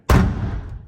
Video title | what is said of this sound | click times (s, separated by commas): Suncast Mega Tall Garage Storage Cabinet Review | now it's locked into place. | 0.1 s